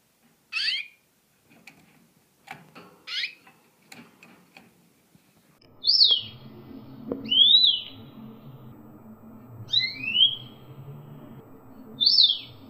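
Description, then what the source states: Canary song: brief sweeping chirps and clear whistled slurs, some rising and some falling, scattered throughout, over a low steady background hum in the second half. Female canary; a combination recording.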